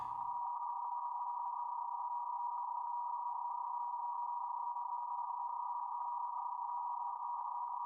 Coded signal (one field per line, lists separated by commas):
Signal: PSK31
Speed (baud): 31.25 baud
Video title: PSK31 Set up / Working stations on The FTDX10